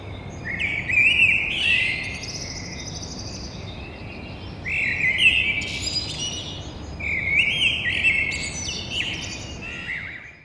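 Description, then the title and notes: Eurasian blackbird singing three mellow fluted phrases with thin high twittering, separated by short pauses, over a steady low background noise. In a courtyard between two windows, Grand Rond, Toulouse, France; Thursday 9 April at 6:30. "Merle noir côté cour. Entre mes deux fenêtres Un merle noir toulousain, fenêtre sur cour jeudi 09 avril 6:30 Toulouse - Grand Rond"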